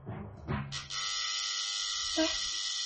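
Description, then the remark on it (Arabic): A doorbell buzzes with a harsh, steady electric drone that holds unbroken for about two seconds after a brief muffled voice at the start. “الجرس بيضرب، يا ترى مين اللي جاي دلوقتي؟”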